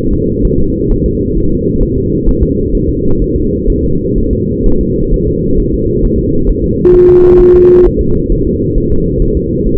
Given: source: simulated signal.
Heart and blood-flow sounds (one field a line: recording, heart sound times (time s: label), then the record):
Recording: fetal heart sounds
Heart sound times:
0.13 s: S2
0.45 s: S1
0.60 s: S2
0.91 s: S1
1.06 s: S2
1.38 s: S1
1.52 s: S2
1.83 s: S1
1.98 s: S2
2.29 s: S1
2.43 s: S2
2.75 s: S1
2.89 s: S2
3.22 s: S1
3.36 s: S2
3.70 s: S1
3.84 s: S2
4.18 s: S1
4.33 s: S2
4.66 s: S1
4.81 s: S2
5.14 s: S1
5.28 s: S2
5.60 s: S1
5.74 s: S2
6.05 s: S1
6.19 s: S2
6.49 s: S1
6.64 s: S2
6.94 s: S1
7.09 s: S2
7.40 s: S1
7.55 s: S2
7.86 s: S1
8.01 s: S2
8.32 s: S1
8.47 s: S2
8.78 s: S1
8.92 s: S2
9.22 s: S1
9.37 s: S2
9.66 s: S1
From the record:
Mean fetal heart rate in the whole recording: 130 bpm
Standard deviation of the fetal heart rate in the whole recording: 4 bpm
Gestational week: 38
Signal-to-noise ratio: -16.4 dB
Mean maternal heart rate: 72 bpm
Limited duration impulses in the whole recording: present